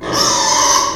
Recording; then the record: squeal of a Yucatan mini pig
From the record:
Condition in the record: before surgery on the right vocal fold (resection and tissue-engineered implant); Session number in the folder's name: 1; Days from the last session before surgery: -3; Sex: male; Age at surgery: 12 weeks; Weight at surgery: 13 kg